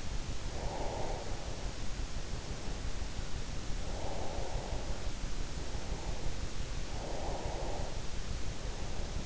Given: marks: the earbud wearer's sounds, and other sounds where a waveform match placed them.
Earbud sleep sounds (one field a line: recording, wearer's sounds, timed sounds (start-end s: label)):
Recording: sounds in sleep by an in-ear microphone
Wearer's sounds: breath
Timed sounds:
0.14-2.41 s: breath
3.88-6.24 s: breath
6.74-9.26 s: breath